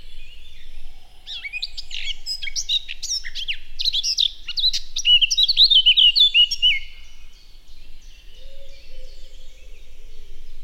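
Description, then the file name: Eurasian blackcap song, a quick, varied warble that builds into clear, loud, descending fluty whistles, then softer notes and a faint low hum. "Sylvia atricapilla"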